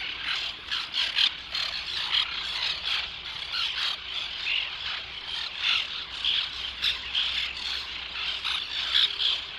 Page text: Tomas Belka - Белокрылая крачка (Chlidonias leucopterus)